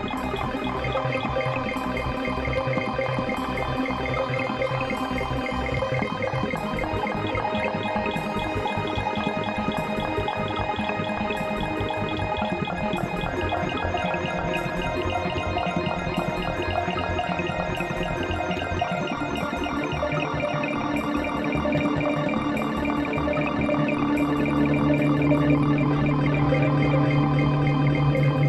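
A retro video-game soundscape of dense, steady buzzing tones with regular bright ticks, thickening toward the end as a low hum swells.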